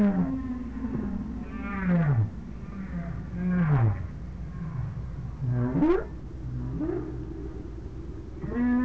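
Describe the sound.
Whale calls: descending groans and rising whoops repeated about every two seconds, with harmonic overtones, over steady low-frequency rumble.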